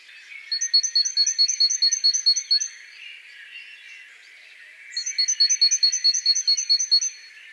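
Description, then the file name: Great tit repeating clear, evenly spaced high notes in two runs. "Parus major"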